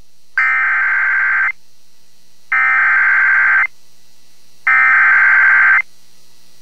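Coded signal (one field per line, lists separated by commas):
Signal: Emergency Alert System (SAME) tones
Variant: header bursts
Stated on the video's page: Severe thunderstorm warning aired on a local AM/FM radio station in Washington.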